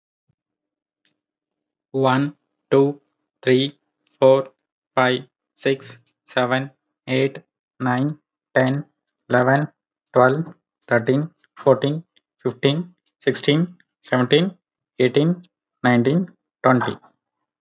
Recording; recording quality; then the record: counting at a normal pace; excellent, no background noise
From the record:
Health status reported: healthy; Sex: male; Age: 29 years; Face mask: not worn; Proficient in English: no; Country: India